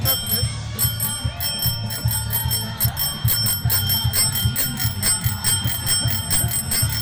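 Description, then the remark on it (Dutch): A bicycle bell trills rapidly and continuously, its bright metallic rings repeating in a fast, steady rhythm over a low rumbling background. “Ja, ik heb alleen maar een bel. Ik weet niet of het licht geeft.”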